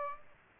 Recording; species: mosquito wingbeat signal from an infrared sensor; Aedes aegypti